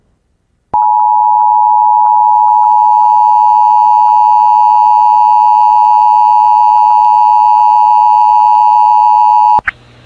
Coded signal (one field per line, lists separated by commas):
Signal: Emergency Alert System (SAME) tones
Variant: 853 and 960 Hz attention tone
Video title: KUNA and IPAWS Weeklies (EAS #14799-14804) 1/22/24